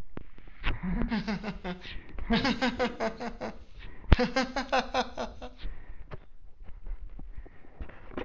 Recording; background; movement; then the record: laughter; quiet; sitting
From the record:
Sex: male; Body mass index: 20.6 kg/m2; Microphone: on the chest, facing the body